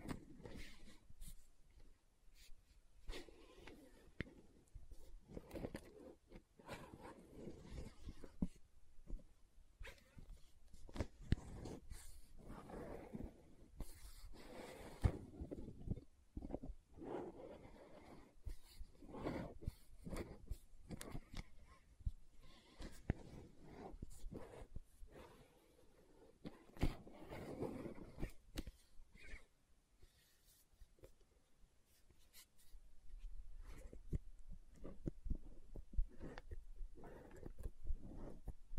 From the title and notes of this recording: ASMR 10 Lid Sounds & Bottle Tapping, Scratching for Sleep 1Hr (No Talking).